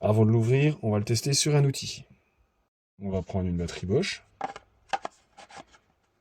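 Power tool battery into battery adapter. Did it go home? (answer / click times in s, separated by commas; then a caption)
no / none. Someone talks, then a Bosch power tool battery is pushed onto a Parkside-to-Bosch battery adapter from AliExpress, making a few short hard knocks and scrapes between about 4.4 and 5.1 s. The battery goes in badly and does not slide on properly because it was fitted the wrong way, so nothing has seated or clicked yet.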